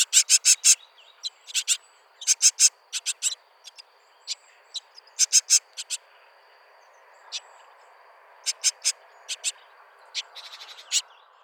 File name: Parus major